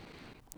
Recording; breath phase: one breath near a microphone; inhalation